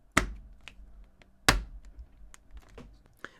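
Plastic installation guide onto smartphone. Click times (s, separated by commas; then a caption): 0.2 s, 1.5 s. A plastic alignment guide tray for a Whitestone Dome Glass screen protector is pressed down over a Pixel 7 Pro smartphone. Two loud, sharp clicks at 0.2 s and 1.5 s stand out among lighter taps and handling sounds, and the guide is seated on the phone.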